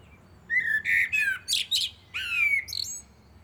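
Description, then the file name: Common blackbird singing: warbled low whistles slide downward, broken by sharp squeaky notes, then a longer fluty phrase ends in a high thin twitter. "Turdus merula"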